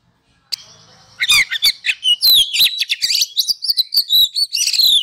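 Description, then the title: Oriental magpie-robin song: after a thin steady whistle, a dense, loud stream of varied whistled slurs, chips and rasping notes running to the end. Masteran (training) recording of a kacer, played to provoke other kacer into singing vigorously (gacor). "Masteran Kacer Yang Sukses Memancing Kacer Gacor Sampai Jadi Juara"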